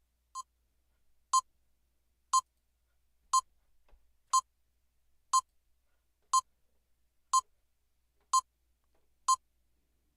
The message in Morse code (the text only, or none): none